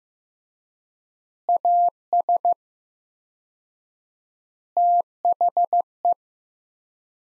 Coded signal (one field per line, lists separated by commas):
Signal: Morse code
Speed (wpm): 15 wpm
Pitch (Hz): 700 Hz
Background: none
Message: AS THE